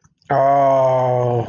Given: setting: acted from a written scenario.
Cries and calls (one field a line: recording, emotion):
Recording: vocal sound without words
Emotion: disappointment